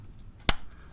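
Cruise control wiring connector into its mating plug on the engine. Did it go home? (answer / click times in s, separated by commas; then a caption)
yes / 0.5 s. A cruise control wiring connector is pushed onto its mating plug on the engine in a Toyota Corolla's engine bay. One sharp, loud snap is heard at 0.5 s, followed by a brief softer tail. The connector is seated and the cruise control is hooked back up.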